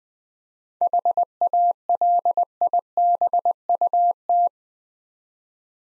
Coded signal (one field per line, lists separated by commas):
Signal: Morse code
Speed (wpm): 21 wpm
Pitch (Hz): 700 Hz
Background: none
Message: HALIBUT